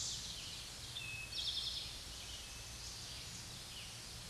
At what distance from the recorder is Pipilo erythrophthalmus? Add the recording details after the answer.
about 40 m. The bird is about 5 m above the microphone. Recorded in a Pennsylvania forest on 16 May 2024 at 06:09. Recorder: AudioMoth, point MSD-2376. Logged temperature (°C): 16.7 °C. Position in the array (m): 107 m, 9 m